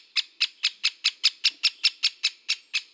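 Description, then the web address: Great spotted woodpecker giving sharp, high 'kik' calls, about a dozen evenly repeated roughly every fifth of a second. "Dendrocopos major"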